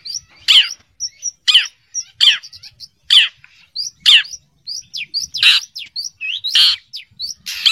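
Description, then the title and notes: Long-tailed shrike song mixing rasping downslurred notes with thin whistles, strung together in quick, irregular phrases. "Kicau Burung Cendet"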